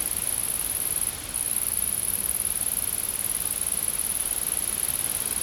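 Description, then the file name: Steady high-pitched insect buzzing throughout, dipping briefly once, over a grainy low background noise. Recorded in a field. "Insects In The Field"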